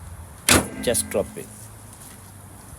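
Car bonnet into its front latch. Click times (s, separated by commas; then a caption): 0.5 s. A car bonnet is dropped from a short height onto its front latch, landing with one loud thud at 0.5 s as it catches and locks. Someone talks just after, and the clip then falls quiet.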